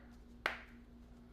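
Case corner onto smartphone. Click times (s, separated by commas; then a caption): 0.5 s. The fourth corner of a plastic Phone Rebel Gen 5 Frosted case is pressed onto an iPhone 15 Pro Max, making a single sharp, bright click at 0.5 s over a quiet, steady low hum. The corner seats with a clean, firm snap.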